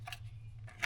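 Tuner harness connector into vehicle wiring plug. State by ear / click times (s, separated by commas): not seated / none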